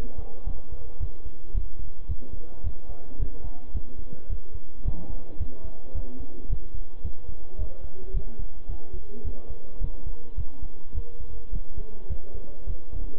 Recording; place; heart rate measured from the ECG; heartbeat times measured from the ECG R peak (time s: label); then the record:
heart sounds by stethoscope; between the tricuspid and mitral areas; 108 bpm
0.47 s: heartbeat
1.00 s: heartbeat
1.55 s: heartbeat
2.09 s: heartbeat
2.64 s: heartbeat
3.20 s: heartbeat
3.74 s: heartbeat
4.30 s: heartbeat
4.85 s: heartbeat
5.40 s: heartbeat
5.95 s: heartbeat
6.50 s: heartbeat
7.04 s: heartbeat
7.59 s: heartbeat
8.14 s: heartbeat
8.69 s: heartbeat
9.25 s: heartbeat
9.81 s: heartbeat
10.38 s: heartbeat
10.95 s: heartbeat
11.53 s: heartbeat
12.10 s: heartbeat
12.67 s: heartbeat
From the record:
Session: bicycle stress test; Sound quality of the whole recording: good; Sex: male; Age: 23 years